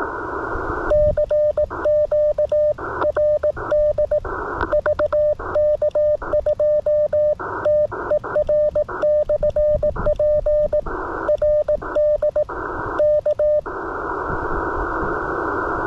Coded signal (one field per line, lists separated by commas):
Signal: Morse code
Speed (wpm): 18 wpm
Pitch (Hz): 600 Hz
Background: radio noise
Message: CQ RD VK2TER/P RD K